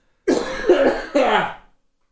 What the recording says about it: He was coughing. No, I just had some popcorn.